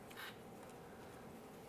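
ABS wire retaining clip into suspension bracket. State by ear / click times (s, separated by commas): not seated / none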